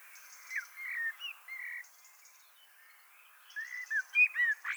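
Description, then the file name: Common blackbird song: short fluting whistled notes, then a louder burst of warbled and squeaky notes near the end, over faint background birdsong. "Turdus merula"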